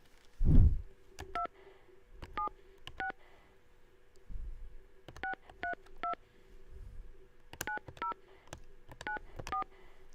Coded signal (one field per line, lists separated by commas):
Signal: DTMF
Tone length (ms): 120 ms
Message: 276 632 9094